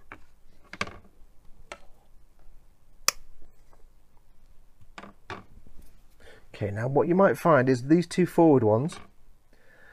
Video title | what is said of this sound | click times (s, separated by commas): Partwork Roundup: Hachette 1/2 T-800 Terminator & 1/200 Bismarck | don't panic just like I did there just push them in quite firmly and they will snap into place | 3.1 s